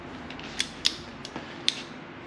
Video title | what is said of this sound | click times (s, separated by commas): RS1/Turbo S Differential Swap - Polaris RZR XP Turbo - Step by Step - How to DIY conversion kit | so just torque it till it clicks | 1.7 s